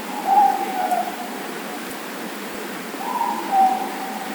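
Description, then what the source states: Morepork giving two double-note hoots about three seconds apart against steady background hiss. Four moreporks calling.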